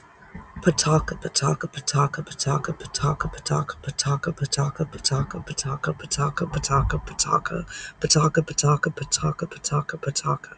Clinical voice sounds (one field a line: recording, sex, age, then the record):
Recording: repeated syllables /pa ta ka/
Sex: female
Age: 30 to 39 years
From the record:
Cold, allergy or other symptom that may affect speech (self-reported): no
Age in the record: 31 years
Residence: Massachusetts, United States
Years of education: 12